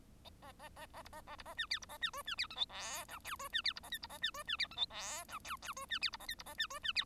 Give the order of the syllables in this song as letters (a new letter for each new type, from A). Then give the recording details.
A A A A B A A B A C D B A C E C D F G H I J E C D B A K B A C E C D F G H I J J E C D B A K B A C E C D. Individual Bird1